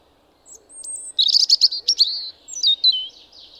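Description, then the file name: European robin song: a high, thin phrase of quick twittering notes and liquid warbled trills, shifting in pitch, over a faint low hum. "Erithacus rubecula"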